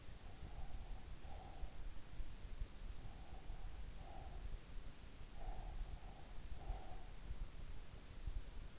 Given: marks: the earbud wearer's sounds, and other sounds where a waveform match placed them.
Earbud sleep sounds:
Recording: sounds in sleep by an in-ear microphone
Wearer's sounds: breath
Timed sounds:
0.00-1.90 s: breath
3.11-4.56 s: breath
5.20-7.30 s: breath

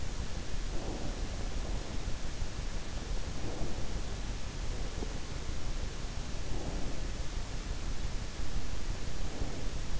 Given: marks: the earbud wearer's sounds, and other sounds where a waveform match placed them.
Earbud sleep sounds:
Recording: sounds in sleep by an in-ear microphone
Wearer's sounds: breath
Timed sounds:
0.00-4.51 s: breath

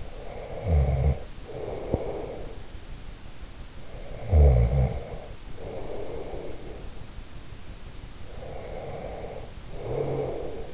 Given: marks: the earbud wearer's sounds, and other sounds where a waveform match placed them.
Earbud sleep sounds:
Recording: sounds in sleep by an in-ear microphone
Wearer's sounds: snoring breath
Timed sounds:
0.00-2.66 s: snoring breath
3.71-7.09 s: snoring breath
8.14-10.74 s: snoring breath

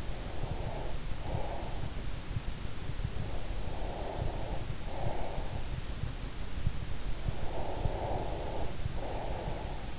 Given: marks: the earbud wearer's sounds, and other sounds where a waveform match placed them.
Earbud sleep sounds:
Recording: sounds in sleep by an in-ear microphone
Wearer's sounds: breath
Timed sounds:
0.00-1.90 s: breath
3.16-5.68 s: breath
7.31-9.92 s: breath

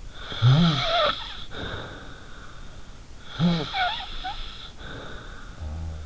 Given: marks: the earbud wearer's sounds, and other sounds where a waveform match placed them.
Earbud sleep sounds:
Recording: sounds in sleep by an in-ear microphone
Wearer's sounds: snoring breath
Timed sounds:
0.18-2.89 s: snoring breath
3.28-6.06 s: snoring breath

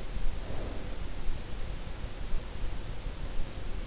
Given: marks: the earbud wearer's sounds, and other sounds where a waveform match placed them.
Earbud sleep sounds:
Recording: sounds in sleep by an in-ear microphone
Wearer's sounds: snoring breath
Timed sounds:
0.16-1.02 s: snoring breath

